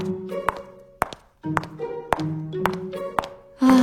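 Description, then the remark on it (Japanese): Brisk footsteps, about seven sharp clicking taps at a steady walking pace of roughly two per second, over a sustained tonal background like soft music. “この足音、つい効果音つけたくなる。”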